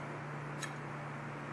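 A steel extractor is rotated back into position in a Glock pistol slide after the plunger is pushed down, and it locks into place. A single short, small click sounds at 0.6 s over a steady background hum, and the extractor is seated.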